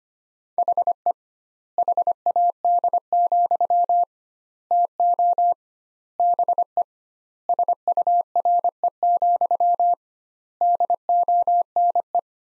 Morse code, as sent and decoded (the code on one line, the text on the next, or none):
.... . / .... .- -.. --..-- / - --- / -... . / ... ..- .-. . --..-- / -.. --- -. .
HE HAD, TO BE SURE, DONE